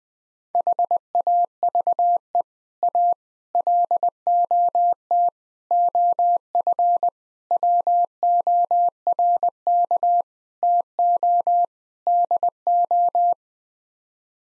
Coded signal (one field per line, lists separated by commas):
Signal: Morse code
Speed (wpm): 20 wpm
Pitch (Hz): 700 Hz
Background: none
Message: HAVE A LOT OF WORK TO DO